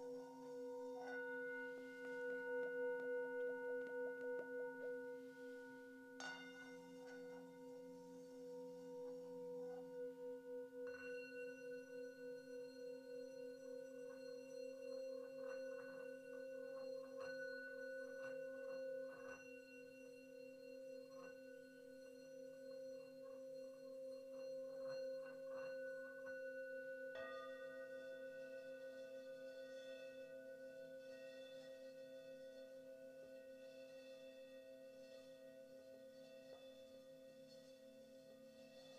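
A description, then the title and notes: A Himalayan singing bowl rings with a steady, sustained hum and a brighter tone above it, both holding unbroken for the whole length. Fresh strikes add shimmering overtones around 6, 11 and 27 seconds, and the sound slowly fades toward the end. A Himalayan Bowl Meditation.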